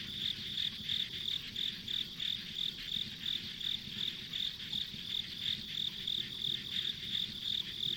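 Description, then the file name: Insects chirping in a steady high-pitched pulsing chorus, about three pulses a second, over a continuous low rumble. Ambient insect sounds recorded on a country road. "田舎道の虫の環境音"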